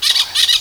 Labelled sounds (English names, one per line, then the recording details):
Brown-throated Parakeet contact call
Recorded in Venezuela
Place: Guárico; Corozopando; Fundo La Fe
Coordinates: 8.506, -67.593